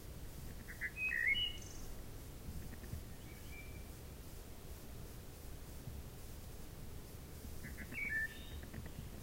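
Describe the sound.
Wood thrush song: two rather faint phrases, a liquid fluted warble then a thin high trill, far apart, over steady low background noise.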